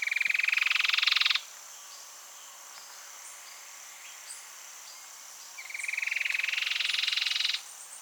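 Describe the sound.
Cherrie's antwren: two fast buzzy trills of many rapid notes, each rising gently, the first already under way at the start and the second about two seconds long, separated by a quiet gap of about four seconds, with a steady high background hum.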